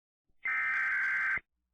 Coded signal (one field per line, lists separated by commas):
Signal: Emergency Alert System (SAME) tones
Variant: header bursts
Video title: Emergency Alert System - Human Minority (S1EP3)